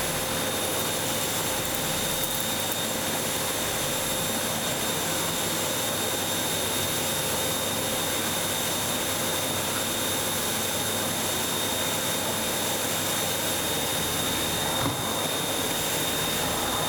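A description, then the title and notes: A vacuum cleaner runs without pause, a steady, dense roar with a high whine sitting over it. The sound holds level for the whole stretch, with only a faint bump near fifteen seconds and no other sounds breaking through. Vacuuming the Living Room.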